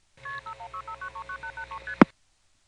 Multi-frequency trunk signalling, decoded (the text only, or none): KP5165939883ST